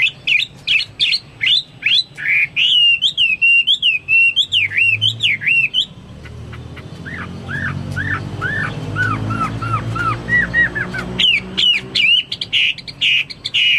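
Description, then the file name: Chinese hwamei song, fast varied whistles and a warbled wavering run, a quieter stretch of softer falling notes, then loud phrases resume. "omkicau hwamei"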